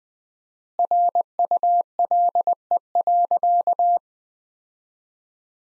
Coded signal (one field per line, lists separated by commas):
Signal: Morse code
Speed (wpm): 20 wpm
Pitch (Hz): 700 Hz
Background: none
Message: RULE.